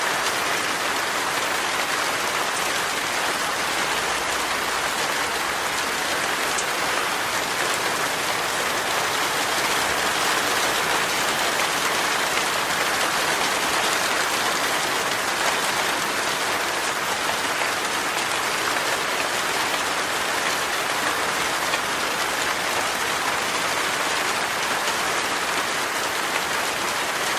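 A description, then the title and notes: Rain pours steadily onto a tin roof, a dense, unbroken patter of countless drops that stays at the same level from start to finish. The sound is bright and crisp, with only a faint low rumble underneath. This calming episode features the soothing sound of Tin Roof Rain.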